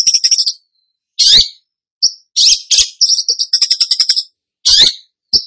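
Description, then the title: Long-tailed Shrike song: sharp scratchy bursts mixed with runs of clear, rapid high whistles, separated by brief silences. Described as gacor, meaning singing vigorously and continuously. "Cendet Gacor"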